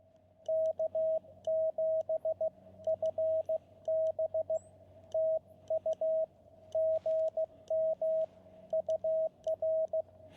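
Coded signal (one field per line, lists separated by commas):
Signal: Morse code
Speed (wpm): 15 wpm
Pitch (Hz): 640 Hz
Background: radio noise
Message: K7FB TU GM UR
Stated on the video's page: Park activation reaching exactly ten contacts, with long quiet stretches.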